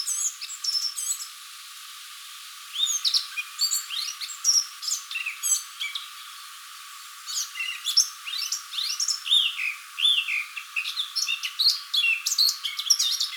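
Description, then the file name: Eurasian blackcap delivering lively warbling song, fast varied chirps and whistles in several bursts with short pauses between. "Sylvia atricapilla"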